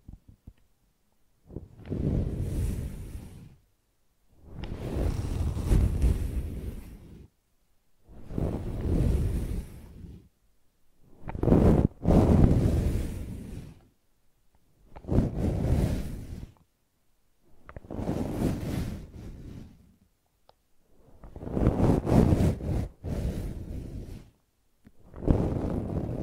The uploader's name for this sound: ASMR Brushing and Scratching